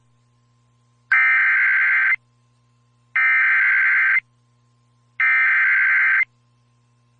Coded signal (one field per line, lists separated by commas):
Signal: Emergency Alert System (SAME) tones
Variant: header bursts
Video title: US Emergency Alert Systems 2026 (part 9)